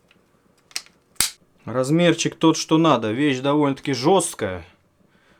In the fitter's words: Quindi lo snap fa clic su tutti.